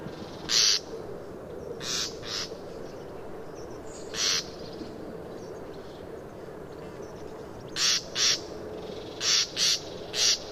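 Common nightingale repeating short scratchy call notes, scattered at first, then a faster run of four or five near the end, over steady low background noise.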